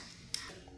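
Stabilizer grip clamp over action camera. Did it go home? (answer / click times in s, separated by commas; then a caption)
yes / 0.3 s. The clamp on a Karma Grip stabilizer is closed over a Hero6 action camera to lock it in place. A single sharp click is heard at 0.3 s over a quiet background, and the camera is locked in.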